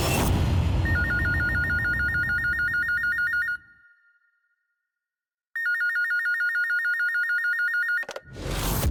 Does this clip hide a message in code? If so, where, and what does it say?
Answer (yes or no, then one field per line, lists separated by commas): no